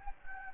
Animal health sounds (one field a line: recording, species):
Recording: mosquito wingbeat signal from an infrared sensor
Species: Anopheles gambiae